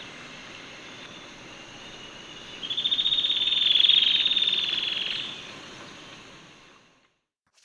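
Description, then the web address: Yellow-breasted antwren call: a single rapid high trill of even pulses lasting about two and a half seconds, swelling then fading, with soft background hiss. Recorded in Ecuador. "Birds of Ecuador 2. Yellow-Breasted Antwren"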